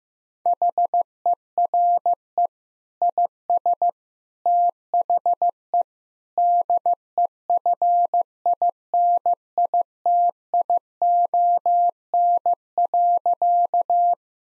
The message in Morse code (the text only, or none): HERE IS THE DEFINITION.